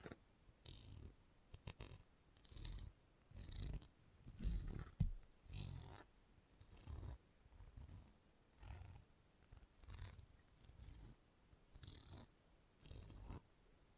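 Salon head massage, with hands rubbing and scrubbing in a steady rhythm, about one stroke per second. Each stroke is a soft low rumble topped by a bright, airy brushing hiss, with a few sharp ticks and one louder bump near the middle.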